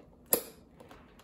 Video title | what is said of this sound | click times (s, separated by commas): Initial Setup Grandstream GXP2135 | Hear the firm click. | 0.3 s